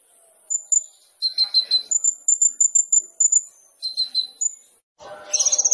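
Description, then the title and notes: Sunbird song of thin high whistled notes and short twittering clusters, ending in a loud rapid high trill. Indonesian masteran training song for songbirds; vigorous (gacor) song full of fill-in phrases (isian) and bursts (tembakan), suited for luring (pancingan). "MASTERAN KOLIBRI NINJA TERBAIK FULL ISIAN DAN TEMBAKAN MEWAH COCOK BUAT PANCINGAN. Suara Burung Kolibri Ninja Gacor"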